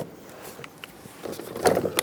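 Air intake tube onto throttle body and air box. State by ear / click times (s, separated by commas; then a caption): seated / 2.0 s. A rubber and plastic air intake tube on a 2007-2017 Ford Expedition is pressed onto its fittings at the throttle body and air box, to get it seated on both ends. Quiet rustling and faint taps build into louder handling noise, ending in a loud, sharp hit at 2.0 s as the tube seats on both ends.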